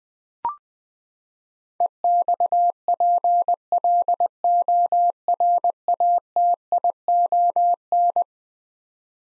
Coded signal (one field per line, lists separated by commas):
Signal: Morse code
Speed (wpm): 20 wpm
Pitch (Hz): 700 Hz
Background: none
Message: EXPLORATION